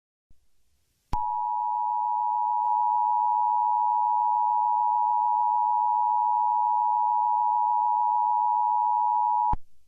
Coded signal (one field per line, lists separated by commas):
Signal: Emergency Alert System (SAME) tones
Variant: 853 and 960 Hz attention tone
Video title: EAS Mock: Grimace Shake Incident #2